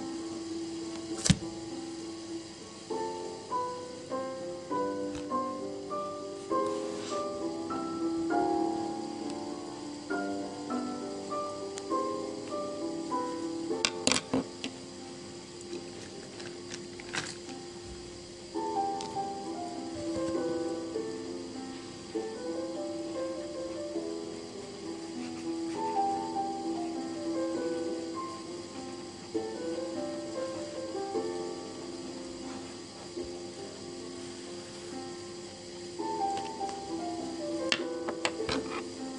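A gentle piano melody plays throughout, with soft stepping notes over a steady sustained low tone. A faint hiss sits underneath, and a few sharp clicks break through, notably near the start and around the middle.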